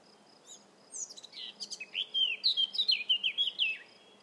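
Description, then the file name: Eurasian blackcap song: a soft, scratchy twittering warble that builds into a loud run of clear, fluty whistled notes, each sliding downward, ending abruptly. "Sylvia atricapilla"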